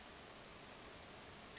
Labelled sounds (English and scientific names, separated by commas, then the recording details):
Western Tanager (Piranga ludoviciana)
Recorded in Sonoma County, California